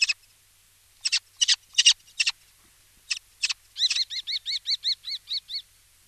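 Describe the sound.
Common Kestrel with scattered sharp rasping notes, then a steady series of clear, slightly arched kee calls repeated several times per second.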